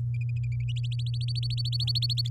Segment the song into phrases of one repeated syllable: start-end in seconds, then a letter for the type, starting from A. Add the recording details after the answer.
0.76-2.29 A. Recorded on 10 May 2018 at 12:35. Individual llb16